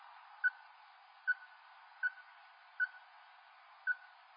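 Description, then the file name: Ruddy-breasted crake giving hard, abrupt notes, five in a row spaced about a second or less apart, each note short and percussive against a faint steady hum. "緋秧雞〔紅胸田雞〕-Porzana-fusca"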